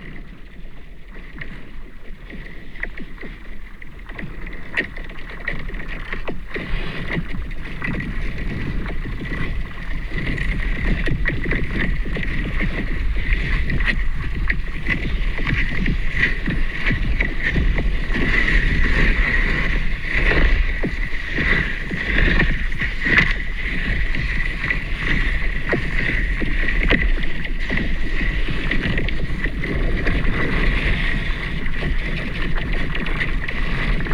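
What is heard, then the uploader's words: Ice hockey game heard from beneath the ice: a dense, muffled rumble with scraping clatter and a steady bright ringing tone throughout. Ice hockey game recorded through the ice, under the ice, and in the water, with a hydrophone. Near Bremerhaven, Germany.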